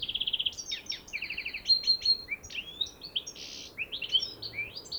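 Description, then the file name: European goldfinch calling, opening with a fast rattling trill, then liquid twittering and slurred tinkling notes that run on continuously. "Carduelis carduelis"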